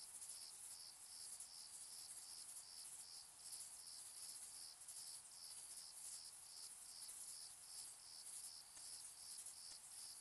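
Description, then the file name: Cricket chorus of rapid, very high shrill pulses, rhythmic and continuous, with a constant background hiss and no other animals clear. Distant crickets in summer fields, evening into night; shrill high frequencies, flat night ambience. "summer-in-the-fields-evening-night-004-distant-crickets-shrill-high-frequencies-flat-night"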